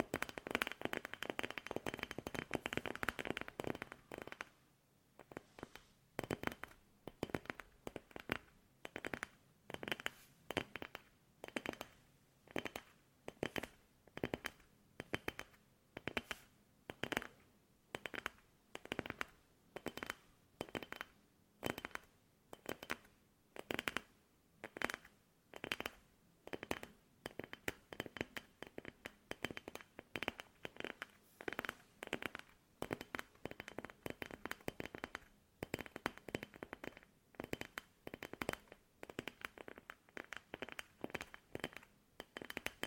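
Tapping in a steady, even rhythm, roughly two sharp, crisp knocks per second, continuing almost unbroken to the end. The first five seconds are different: a denser, continuous rustling crackle before the separate taps begin.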